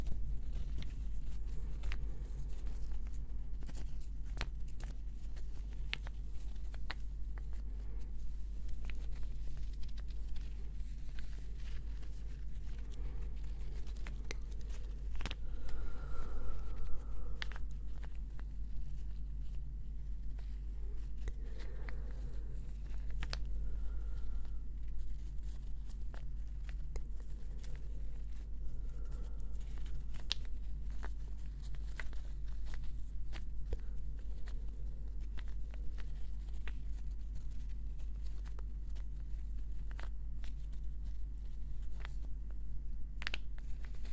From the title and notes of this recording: ASMR gentle Wood Triggers - tapping & scratching.